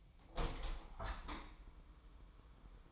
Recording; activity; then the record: daily activity, microphone in the room; open window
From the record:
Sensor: 1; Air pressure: 999.9 hPa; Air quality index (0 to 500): 236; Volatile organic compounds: 106 ppm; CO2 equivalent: 3792 ppm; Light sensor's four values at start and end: 10/25/10/11 and 11/26/10/11